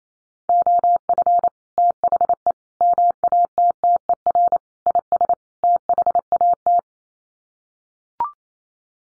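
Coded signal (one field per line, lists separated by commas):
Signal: Morse code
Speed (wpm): 28 wpm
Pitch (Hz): 700 Hz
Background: none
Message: OF THE MATTER IS THAT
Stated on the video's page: Morse code head-copy drill at 28 wpm: sets of common five-word English n-grams, each sent, spoken, then sent again.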